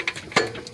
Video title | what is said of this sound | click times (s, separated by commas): 2016 through 2020 Nissan Sentra CV axle replacement walk through step by step | You hear that click? It's seated. | 0.4 s